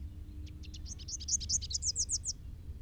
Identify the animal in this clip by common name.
Rufous-capped Warbler